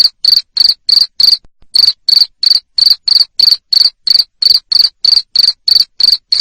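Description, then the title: Cricket chirps, high and shrill, pulsing evenly at roughly three per second after a short pause near the start. Loud cricket chirping played to stimulate lovebirds to keep singing in the 'ngekek' style. "Suara JANGKRIK NGERIK Keras Bikin LOVEBIRD Jadi NGEKEK Terus Vubey"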